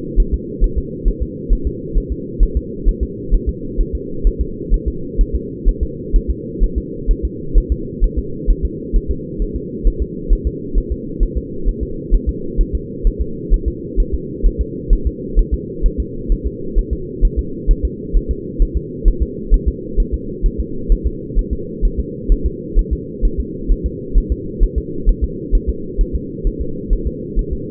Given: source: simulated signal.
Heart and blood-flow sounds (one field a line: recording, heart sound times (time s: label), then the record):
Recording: fetal heart sounds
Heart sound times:
0.20 s: S1
0.34 s: S2
0.64 s: S1
0.78 s: S2
1.08 s: S1
1.23 s: S2
1.53 s: S1
1.67 s: S2
1.98 s: S1
2.12 s: S2
2.43 s: S1
2.57 s: S2
2.88 s: S1
3.03 s: S2
3.34 s: S1
3.49 s: S2
3.81 s: S1
3.95 s: S2
4.27 s: S1
4.41 s: S2
4.74 s: S1
4.88 s: S2
5.21 s: S1
5.35 s: S2
5.69 s: S1
5.83 s: S2
6.16 s: S1
6.30 s: S2
6.64 s: S1
6.78 s: S2
7.11 s: S1
7.25 s: S2
7.58 s: S1
7.72 s: S2
8.04 s: S1
8.18 s: S2
8.50 s: S1
8.65 s: S2
8.96 s: S1
9.11 s: S2
9.42 s: S1
9.56 s: S2
9.87 s: S1
10.02 s: S2
10.33 s: S1
10.47 s: S2
10.78 s: S1
10.92 s: S2
11.23 s: S1
11.37 s: S2
11.69 s: S1
11.83 s: S2
12.15 s: S1
12.29 s: S2
12.61 s: S1
12.75 s: S2
13.07 s: S1
13.21 s: S2
13.54 s: S1
13.68 s: S2
14.00 s: S1
14.14 s: S2
14.46 s: S1
14.61 s: S2
14.93 s: S1
15.07 s: S2
15.39 s: S1
15.54 s: S2
15.86 s: S1
16.00 s: S2
16.32 s: S1
16.46 s: S2
16.79 s: S1
16.93 s: S2
17.25 s: S1
17.39 s: S2
17.71 s: S1
17.85 s: S2
18.17 s: S1
18.31 s: S2
18.62 s: S1
18.77 s: S2
19.08 s: S1
19.23 s: S2
19.54 s: S1
19.68 s: S2
20.00 s: S1
20.14 s: S2
20.46 s: S1
20.60 s: S2
20.92 s: S1
21.07 s: S2
21.39 s: S1
21.53 s: S2
21.85 s: S1
22.00 s: S2
22.32 s: S1
22.46 s: S2
22.79 s: S1
22.93 s: S2
23.25 s: S1
23.40 s: S2
23.72 s: S1
23.86 s: S2
24.18 s: S1
24.32 s: S2
24.63 s: S1
24.78 s: S2
25.09 s: S1
25.24 s: S2
25.55 s: S1
25.70 s: S2
26.01 s: S1
26.15 s: S2
26.47 s: S1
26.61 s: S2
26.93 s: S1
27.07 s: S2
27.39 s: S1
27.53 s: S2
From the record:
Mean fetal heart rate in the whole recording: 130 bpm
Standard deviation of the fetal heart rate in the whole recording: 2 bpm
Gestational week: 38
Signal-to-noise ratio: -4.3 dB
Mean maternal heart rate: 72 bpm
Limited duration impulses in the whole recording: absent